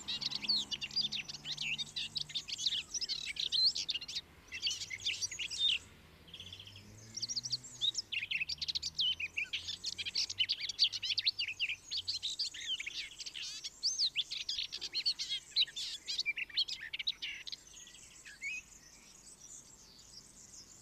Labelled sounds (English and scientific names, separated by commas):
Garden Warbler (Sylvia borin) song